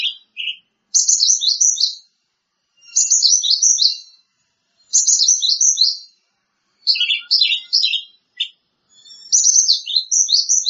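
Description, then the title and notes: Bird song in bursts of rapid, jumbled high chirps and twitters, each burst about a second long and separated by pauses of roughly a second. "Bird Sound. Kicau Burung Lengkap"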